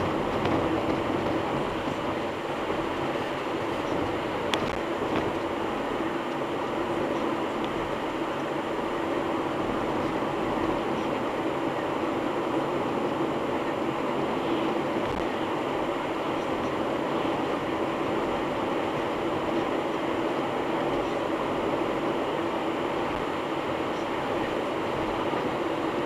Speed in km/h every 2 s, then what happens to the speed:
104, 105, 104, 105, 104, 104, 104, 104, 103, 103, 103, 104, 104.
0-26 steady at about 104.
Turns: none.